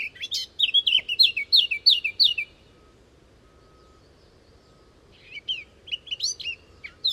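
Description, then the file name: Eurasian blackcap singing a brisk phrase of repeated chirping notes, then a few seconds of quiet before a second warbled phrase starts. "Sylvia atricapilla"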